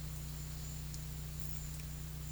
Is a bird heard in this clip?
no